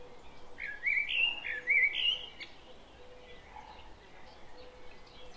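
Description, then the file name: Common blackbird singing one short, stepped warble of four fluty notes, followed by near silence with faint low hum. "Turdus merula"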